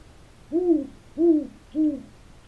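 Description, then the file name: Owl hooting: three low, smooth hoots in quick succession, each slightly arched in pitch, the last one shorter. More than one owl calling. "Owls calling Ashcraft"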